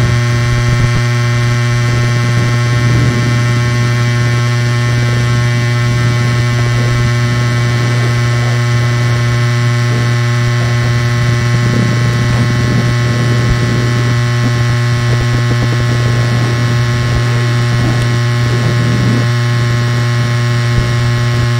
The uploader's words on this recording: Recordings of an old TV picture tube made by Dan Bodah in Northampton, Massachusetts with a contact mic.